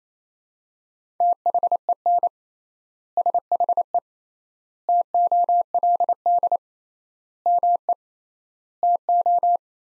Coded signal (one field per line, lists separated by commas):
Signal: Morse code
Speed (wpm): 28 wpm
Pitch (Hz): 700 Hz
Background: none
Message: THEN SHE TOLD ME TO